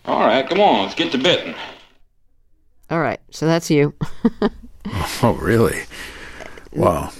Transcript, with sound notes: All right, come on. Let's get to betting.
All right. So that's you (laughter).
Oh, really? Wow.